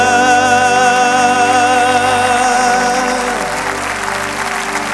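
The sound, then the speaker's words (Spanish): An audience claps steadily and continuously for about five seconds, a dense wash of applause blending with sustained held musical tones that linger underneath throughout. “Dévele fuerte ese aplauso a Él.”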